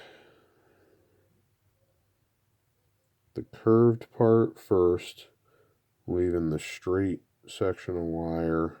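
A wire retaining clip is lined up, curved end first with the straight section of wire left exposed, against the body of a G-Made RSD RC shock absorber before being pushed in. After about three seconds of faint low background noise, someone talks steadily through the rest of the clip. Nothing has seated or clicked yet.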